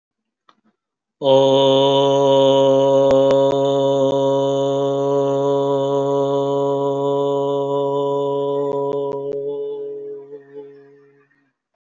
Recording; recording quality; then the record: sustained vowel as in boot; excellent, no background noise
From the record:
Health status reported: COVID-19 positive, mild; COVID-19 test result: positive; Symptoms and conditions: cough, cold, fever, fatigue, hypertension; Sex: male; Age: 60 years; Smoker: not ticked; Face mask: not worn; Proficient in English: yes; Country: India